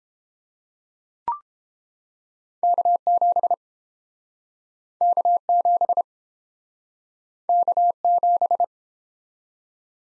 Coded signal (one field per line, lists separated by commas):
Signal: Morse code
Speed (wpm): 30 wpm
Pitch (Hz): 700 Hz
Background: none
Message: K7 K7 K7